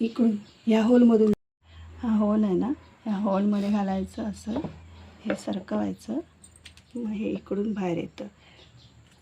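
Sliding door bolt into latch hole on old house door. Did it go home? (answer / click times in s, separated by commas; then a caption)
no / none. A hand slides the old metal door bolt (kadi) of an old house door into its latch hole while someone talks throughout. Faint metallic scrapes and taps are heard between the speech. The bolt has not yet come out the other side or locked, and nothing has seated yet.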